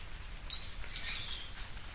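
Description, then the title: Bird song of very high, sharp chirps: one note, a short pause, then three quick notes in a row. "LuckyPassaro Completos2Sama"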